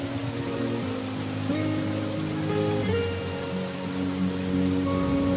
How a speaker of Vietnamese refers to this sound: Nghe tiếng mưa rơi thầm trong đêm.